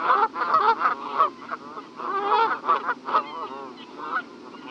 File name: Canada Geese (Branta canadensis)